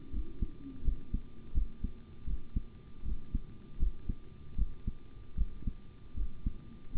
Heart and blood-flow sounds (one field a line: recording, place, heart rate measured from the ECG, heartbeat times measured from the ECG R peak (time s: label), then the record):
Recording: heart sounds by stethoscope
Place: between the tricuspid and mitral areas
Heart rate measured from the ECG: 79 bpm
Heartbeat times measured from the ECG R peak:
0.11 s: heartbeat
0.82 s: heartbeat
1.52 s: heartbeat
2.25 s: heartbeat
3.03 s: heartbeat
3.78 s: heartbeat
4.56 s: heartbeat
5.35 s: heartbeat
6.15 s: heartbeat
6.92 s: heartbeat
From the record:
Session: rest, sitting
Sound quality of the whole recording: good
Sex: male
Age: 25 years